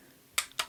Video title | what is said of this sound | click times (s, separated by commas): Amaran Ace25c - My Go-To Travel Light | snaps right into place. | 0.4 s